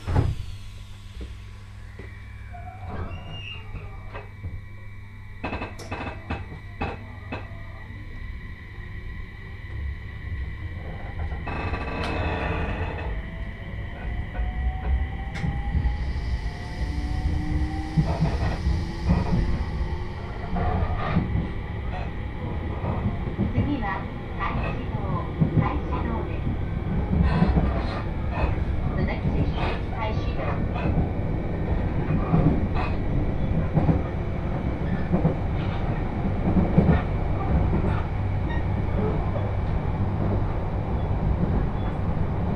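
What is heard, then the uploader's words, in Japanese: A train ride on the Joban Line from Sendai toward Hamayoshida, with a constant low rumble of the carriage that builds gradually louder over the clip. Frequent clicks and rattles from the rails punctuate it, along with steady tones and brief squeals. 鉄道旅 常磐線 仙台→浜吉田。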